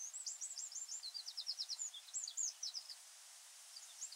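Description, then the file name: Eurasian wren song: a fast trill of high ticking notes breaking into a varied, twittering phrase. "Troglodytes troglodytes"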